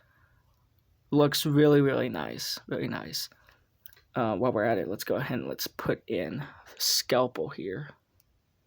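Someone talks while handling a small plastic scalpel accessory, pushing it toward the hand or arm of a NECA Halloween II Ultimate Michael Myers action figure. A couple of faint ticks stand out against the speech, but the scalpel has not seated or clicked into place yet.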